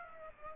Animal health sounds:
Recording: mosquito wingbeat signal from an infrared sensor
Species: Aedes aegypti

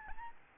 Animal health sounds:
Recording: mosquito wingbeat signal from an infrared sensor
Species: Aedes albopictus

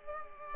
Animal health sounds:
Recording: mosquito wingbeat signal from an infrared sensor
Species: Culex pipiens

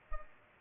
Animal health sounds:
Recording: mosquito wingbeat signal from an infrared sensor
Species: Culex pipiens

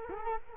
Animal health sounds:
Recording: mosquito wingbeat signal from an infrared sensor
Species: Culex quinquefasciatus

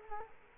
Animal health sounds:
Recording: mosquito wingbeat signal from an infrared sensor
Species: Culex quinquefasciatus

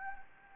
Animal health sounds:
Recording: mosquito wingbeat signal from an infrared sensor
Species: Anopheles gambiae

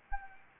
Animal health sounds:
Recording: mosquito wingbeat signal from an infrared sensor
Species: Anopheles gambiae

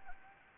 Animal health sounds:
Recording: mosquito wingbeat signal from an infrared sensor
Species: Anopheles gambiae

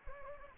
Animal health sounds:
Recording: mosquito wingbeat signal from an infrared sensor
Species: Anopheles gambiae

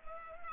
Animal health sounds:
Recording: mosquito wingbeat signal from an infrared sensor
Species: Culex pipiens

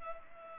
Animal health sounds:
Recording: mosquito wingbeat signal from an infrared sensor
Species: Culex pipiens

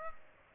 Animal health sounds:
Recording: mosquito wingbeat signal from an infrared sensor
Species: Aedes aegypti

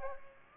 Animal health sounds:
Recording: mosquito wingbeat signal from an infrared sensor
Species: Aedes aegypti

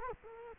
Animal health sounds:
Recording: mosquito wingbeat signal from an infrared sensor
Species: Culex quinquefasciatus

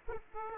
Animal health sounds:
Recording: mosquito wingbeat signal from an infrared sensor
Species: Aedes aegypti

